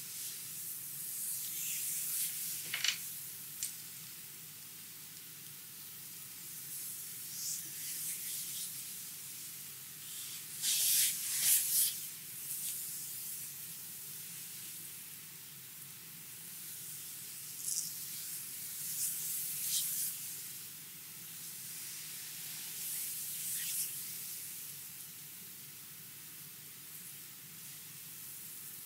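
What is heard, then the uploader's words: Hands work over skin in a Hawaiian lomi lomi massage, a soft steady hiss of rubbing with a low, even hum beneath. Brighter swishing strokes swell up every few seconds, the loudest near eleven seconds, others around three, seventeen, twenty and twenty-three. ASMR Hawaiian lomi lomi massage.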